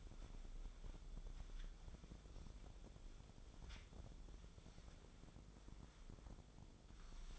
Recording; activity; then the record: daily activity, microphone in the room; wipe stove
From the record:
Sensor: 5